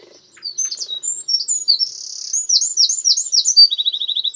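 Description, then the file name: Eurasian wren song: a loud, rapid stream of high sharp notes, buzzy trills and a fast rattling trill near the end, delivered in one breathless burst. "Troglodytes troglodytes"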